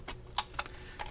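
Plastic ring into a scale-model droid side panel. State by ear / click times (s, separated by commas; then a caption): seated / 0.4 s. A plastic ring is pressed into the side panel of a premium 1:2 scale R2-D2 model, which it only fits one way, and no screws are used yet. A series of short, sharp plastic clicks is heard, and the loudest one at 0.4 s is the ring snapping into place, seated in the panel.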